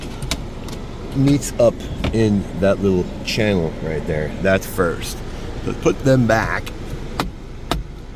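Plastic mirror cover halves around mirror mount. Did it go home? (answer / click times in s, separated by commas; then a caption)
yes / 7.2 s, 7.7 s. Two plastic mirror cover halves are fitted back together around the mirror mount of a 2022-2025 Honda Civic rear view mirror while someone talks. Two sharp clicks are heard at 7.2 and 7.7 seconds, and the trim pieces lock into place.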